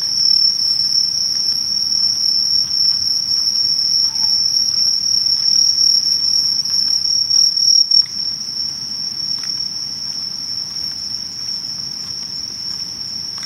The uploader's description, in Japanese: 色んな虫の声や人の暮らしや、やっぱり蝉の声が時々しました